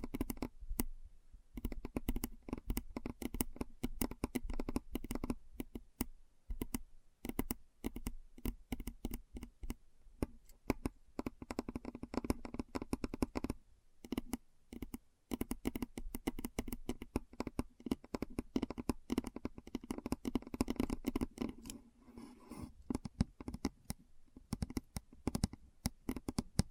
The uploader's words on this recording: ASMR Keyboard Sounds (No Talking).